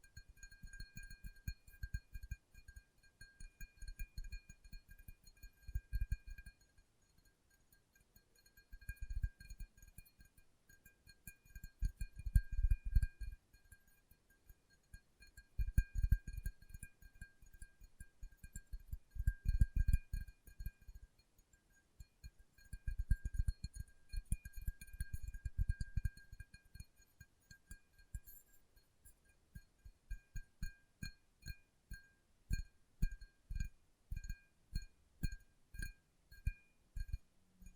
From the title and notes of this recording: ASMR Tapping with Fingertips (No Talking).